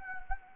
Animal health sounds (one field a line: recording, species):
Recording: mosquito wingbeat signal from an infrared sensor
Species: Anopheles gambiae